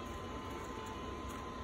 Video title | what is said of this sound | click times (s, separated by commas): Part 3: Resin Tasting [Raspberry Pi 400 Keycap Project] | no click sound and it doesn't look like | none